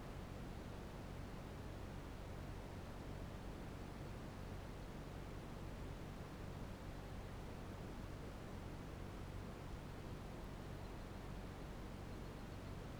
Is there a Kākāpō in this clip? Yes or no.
no